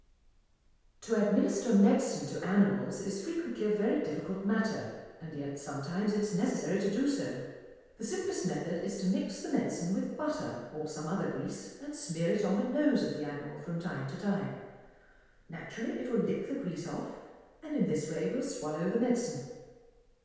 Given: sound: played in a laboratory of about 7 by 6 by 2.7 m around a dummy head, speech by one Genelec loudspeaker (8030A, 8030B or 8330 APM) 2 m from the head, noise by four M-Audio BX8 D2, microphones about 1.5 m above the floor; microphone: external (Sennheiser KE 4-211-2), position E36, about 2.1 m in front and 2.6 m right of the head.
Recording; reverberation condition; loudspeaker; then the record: female speech in English; high; behind (180 degrees)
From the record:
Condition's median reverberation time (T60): about 1300 ms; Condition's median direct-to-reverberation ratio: about -4.0 dB